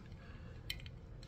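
An ignition lock cylinder on a 1960s Ford car or truck is handled at the metal ignition switch housing before being pushed back in. Faint rattly handling taps stand out against a low steady hum, the sharpest near 0.7 s and a few softer ones around 0.8 to 0.9 s and 1.2 to 1.3 s. The cylinder has not seated or clicked into place yet.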